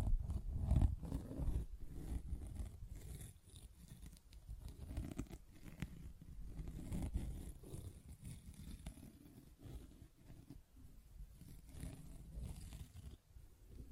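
A sponge being worked by hand, with soft scratching and squishing strokes that come in a dense, irregular stream. Most of the sound sits low and muffled, with brief brighter rasps cutting through. A heavier thump lands near the start, then the level eases and stays fairly even.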